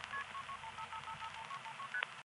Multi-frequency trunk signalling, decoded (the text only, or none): KP 5555 ST